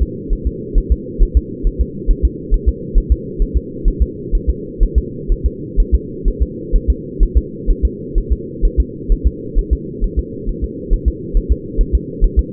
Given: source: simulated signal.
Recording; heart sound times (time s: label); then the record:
fetal heart sounds
0.02 s: S2
0.33 s: S1
0.47 s: S2
0.78 s: S1
0.92 s: S2
1.23 s: S1
1.37 s: S2
1.67 s: S1
1.81 s: S2
2.11 s: S1
2.25 s: S2
2.54 s: S1
2.69 s: S2
2.98 s: S1
3.12 s: S2
3.42 s: S1
3.57 s: S2
3.88 s: S1
4.02 s: S2
4.35 s: S1
4.50 s: S2
4.83 s: S1
4.98 s: S2
5.32 s: S1
5.46 s: S2
5.80 s: S1
5.95 s: S2
6.28 s: S1
6.43 s: S2
6.75 s: S1
6.90 s: S2
7.23 s: S1
7.38 s: S2
7.70 s: S1
7.85 s: S2
8.18 s: S1
8.32 s: S2
8.65 s: S1
8.80 s: S2
9.12 s: S1
9.27 s: S2
9.59 s: S1
9.73 s: S2
10.04 s: S1
10.19 s: S2
10.49 s: S1
10.64 s: S2
10.93 s: S1
11.08 s: S2
11.37 s: S1
11.52 s: S2
11.81 s: S1
11.95 s: S2
12.24 s: S1
12.39 s: S2
From the record:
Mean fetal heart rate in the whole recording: 130 bpm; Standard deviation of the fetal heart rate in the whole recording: 4 bpm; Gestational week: 38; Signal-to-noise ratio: -4.1 dB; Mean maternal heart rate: no maternal heart sound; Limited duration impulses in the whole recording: absent